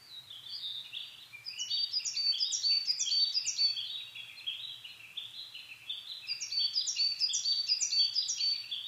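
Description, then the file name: Coal tit singing high, thin phrases repeated quickly in bursts, with softer lower notes between bursts. Recorded in Japan on 22 May 2010 at 17:41. "higara-20100522-1741"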